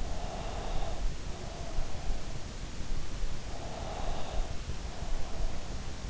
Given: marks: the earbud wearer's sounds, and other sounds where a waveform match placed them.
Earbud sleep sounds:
sounds in sleep by an in-ear microphone; breath
0.33-2.33 s: breath
3.29-5.71 s: breath

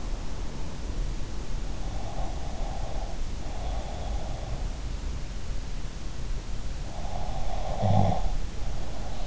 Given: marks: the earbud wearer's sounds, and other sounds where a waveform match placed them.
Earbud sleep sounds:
sounds in sleep by an in-ear microphone; breath, snoring breath
1.88-4.59 s: breath
6.84-9.26 s: snoring breath

